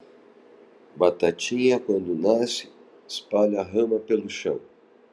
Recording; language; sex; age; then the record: short text; Brazilian Portuguese; male; 60 to 69 years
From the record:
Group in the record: control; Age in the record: 65 years